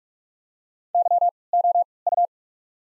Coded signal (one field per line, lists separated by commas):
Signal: Morse code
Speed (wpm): 47 wpm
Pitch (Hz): 700 Hz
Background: none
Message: YOU